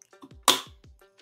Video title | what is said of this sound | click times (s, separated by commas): Ultimate PC Build 2025 - Ryzen 9 9900X + RX 7900XTX - 4K Gaming & Video Editing Beast | same second ஸ்டிக்குக்கும் click | 0.5 s